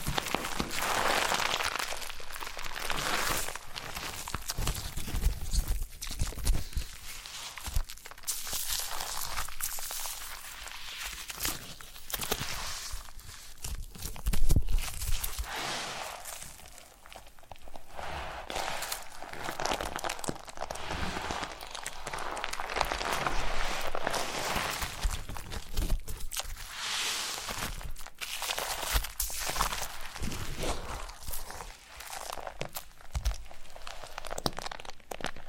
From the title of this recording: Foam Massage